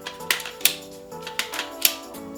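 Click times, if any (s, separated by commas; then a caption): 0.3 s, 0.7 s, 1.4 s, 1.8 s. The telescopic suction tube of a Miele C3 vacuum is extended step by step, each detent giving half an inch of adjustment. Sharp plastic clicks land at 0.3, 0.7, 1.4 and 1.9 seconds over a steady tonal background. Each click locks the tube sections firmly into place at a new length setting.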